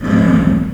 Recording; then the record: squeal of a Yucatan mini pig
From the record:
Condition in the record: after surgery on the right vocal fold (resection and tissue-engineered implant); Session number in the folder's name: 12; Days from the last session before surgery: 105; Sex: female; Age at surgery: 19 weeks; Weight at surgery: 25 kg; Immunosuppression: prednisolone